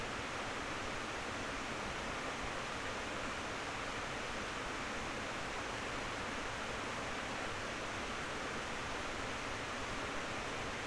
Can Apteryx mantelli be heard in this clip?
no